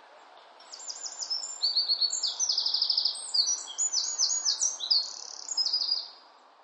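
Bird singing a lively, high series of rapid trills, buzzy rattles and sharp chirps that shift pitch phrase by phrase over about five seconds, with faint hiss in the background.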